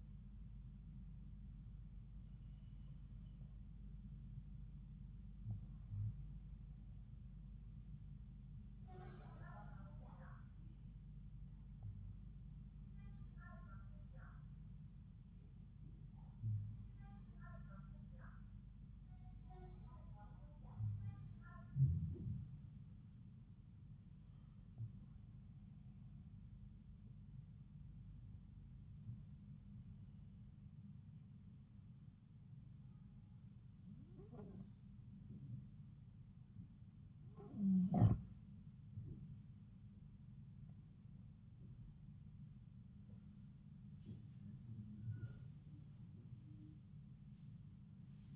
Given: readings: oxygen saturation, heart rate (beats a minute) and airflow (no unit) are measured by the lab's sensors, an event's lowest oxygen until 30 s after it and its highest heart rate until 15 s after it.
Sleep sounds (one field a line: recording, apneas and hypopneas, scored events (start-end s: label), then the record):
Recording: breathing in sleep by a smartphone at the bedside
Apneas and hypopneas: 1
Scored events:
25.00-39.80 s: hypopnea (N1, oxygen 93% highest, then 90% lowest, heart rate 73 at the start, 79 highest)
From the record:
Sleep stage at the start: N1 (lightest sleep)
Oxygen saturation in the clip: 91 to 93%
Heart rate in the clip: 72 to 79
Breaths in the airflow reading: 12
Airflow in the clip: -3.9 to 5.1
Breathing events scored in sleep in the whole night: 270 in 6.1 hours asleep